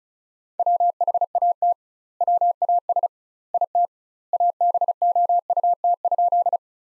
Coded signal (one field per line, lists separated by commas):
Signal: Morse code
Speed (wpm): 36 wpm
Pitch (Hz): 700 Hz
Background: none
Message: WHAT WAS IT ABOUT?